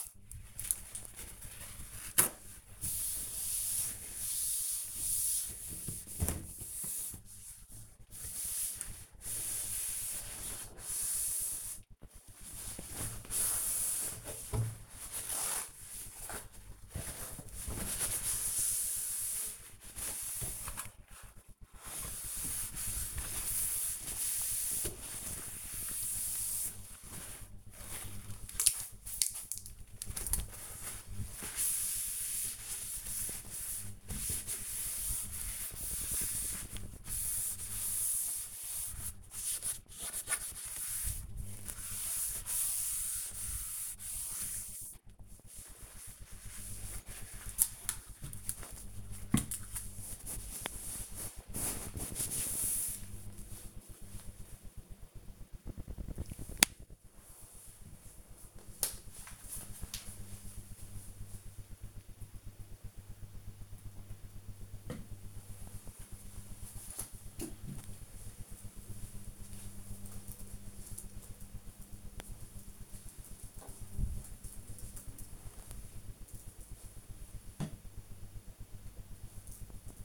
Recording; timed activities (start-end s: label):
household activities, microphone on the right wrist
0.00-44.38 s: cleaning door